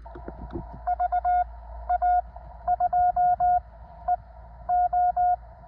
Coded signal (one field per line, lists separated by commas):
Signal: Morse code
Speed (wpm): 19 wpm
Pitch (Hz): 720 Hz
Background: none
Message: VA2EO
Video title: W2/GC-109 Bell Ayr. 40m cw QRO